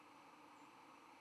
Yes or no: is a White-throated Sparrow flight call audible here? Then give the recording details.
no. No flight call is heard. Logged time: 08:02 on 11 November 2014